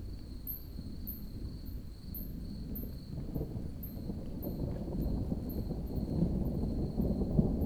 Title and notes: Mnt des Athlètes, Nedde, France. Thunderstorm approaching, crickets, bats, rare footsteps and vehicles in the distance, rain intensifying nearby a garden in a little village